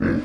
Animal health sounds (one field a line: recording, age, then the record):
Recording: pig call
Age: growing-finishing pig (85 days or more)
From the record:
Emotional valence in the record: negative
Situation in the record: barren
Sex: male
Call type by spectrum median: low-frequency call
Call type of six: low-frequency stable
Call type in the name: low-frequency stable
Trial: 4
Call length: 0.25 s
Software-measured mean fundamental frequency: 53 Hz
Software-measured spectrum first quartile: 213 Hz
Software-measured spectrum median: 320 Hz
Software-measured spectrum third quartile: 749 Hz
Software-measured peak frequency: 289 Hz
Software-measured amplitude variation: 131 dB a second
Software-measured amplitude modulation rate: 26.0 a second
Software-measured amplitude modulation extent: 5.0 dB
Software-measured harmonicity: 1.6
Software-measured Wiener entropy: -1.04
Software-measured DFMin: 1038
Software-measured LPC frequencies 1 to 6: 318, 1540, 3534, 4417, 5038, 5644 Hz